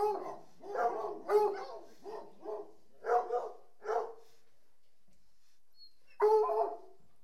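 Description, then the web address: Dog barks in a quick series, several yappy barks over four seconds, then silence before one last bark. From the BBC Sound Effects Library, CD 38. "The BBC Sound Effects Library - Complete 60 CDs Collection Sound Effects Library-38 (Horses # 2 and Dogs)"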